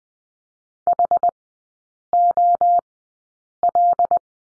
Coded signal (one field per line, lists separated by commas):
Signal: Morse code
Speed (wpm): 20 wpm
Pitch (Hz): 700 Hz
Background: none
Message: HOL